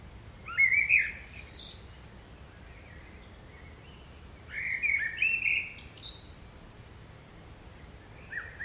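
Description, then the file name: Common blackbird singing two mellow warbled phrases with brief high twittering touches, plus the start of a third at the end. "Turdus merula"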